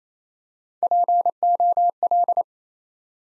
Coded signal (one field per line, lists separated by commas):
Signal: Morse code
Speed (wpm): 28 wpm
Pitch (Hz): 700 Hz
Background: none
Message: POL